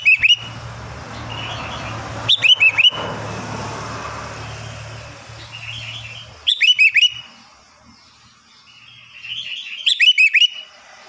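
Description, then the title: Sooty-headed bulbul song: short bursts of three or four bubbly, fluty notes, repeated every few seconds, with softer warbled notes and a faint low hum between. "Kutilang"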